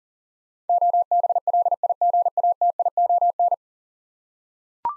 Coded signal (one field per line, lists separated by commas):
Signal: Morse code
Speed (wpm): 40 wpm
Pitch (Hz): 700 Hz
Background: none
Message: OBLIGATION